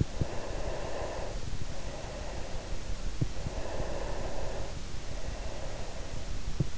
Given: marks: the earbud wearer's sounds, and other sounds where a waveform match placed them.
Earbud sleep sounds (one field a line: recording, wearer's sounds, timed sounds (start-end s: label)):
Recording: sounds in sleep by an in-ear microphone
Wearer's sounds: breath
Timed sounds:
0.29-2.89 s: breath
3.35-6.47 s: breath